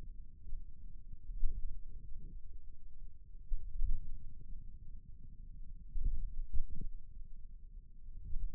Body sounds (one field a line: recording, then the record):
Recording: forearm muscle sounds (acoustic myography)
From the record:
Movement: pen grasping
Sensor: system 2, bracelet of six BSWA MPA416 microphones around the upper forearm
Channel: 4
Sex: male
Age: 22 years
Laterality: right